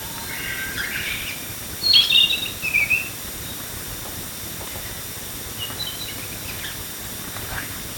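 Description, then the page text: Narcissus flycatcher song, a short burst of bright whistled and warbled notes from about half a second to three seconds, with faint scattered chirps later over steady hiss. "Desmond Allen - Японская мухоловка (Ficedula narcissina)"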